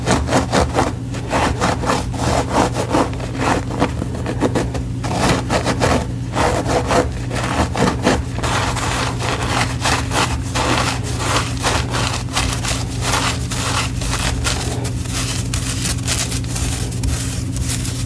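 Gym chalk is crushed and worked in dense, rapid gritty scrapes throughout, over a steady low hum, with fine crumbling between strokes.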